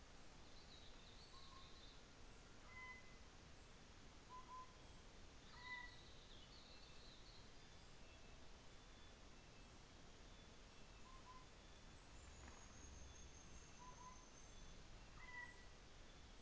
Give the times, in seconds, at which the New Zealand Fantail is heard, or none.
11.71-14.88